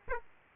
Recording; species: mosquito wingbeat signal from an infrared sensor; Aedes aegypti